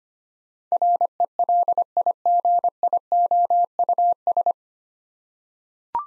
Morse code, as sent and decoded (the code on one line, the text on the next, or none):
.-. . .-.. .. --. .. --- ..- ...
RELIGIOUS